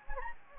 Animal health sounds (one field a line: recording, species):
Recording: mosquito wingbeat signal from an infrared sensor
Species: Anopheles gambiae